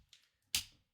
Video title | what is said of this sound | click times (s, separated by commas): Drone Failed While Out Bashing the RCs - S01E055 | the back so these two lock in and this one so three | 0.6 s